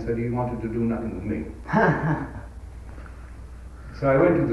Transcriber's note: laughs